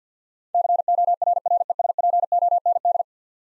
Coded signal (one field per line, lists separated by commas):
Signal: Morse code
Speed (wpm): 49 wpm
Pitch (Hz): 700 Hz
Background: none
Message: CORRESPOND